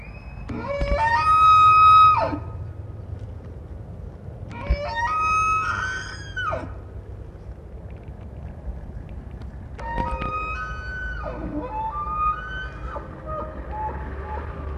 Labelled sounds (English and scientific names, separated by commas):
Wapiti (Cervus canadensis) rut call